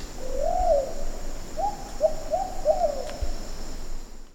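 Plumbeous pigeon calling: one drawn-out rising and falling coo followed by several shorter coos, over a steady high hiss.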